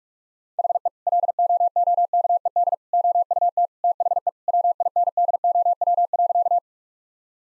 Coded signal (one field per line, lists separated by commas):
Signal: Morse code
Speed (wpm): 46 wpm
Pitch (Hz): 700 Hz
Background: none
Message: HE LOOKED OUT THE WINDOW.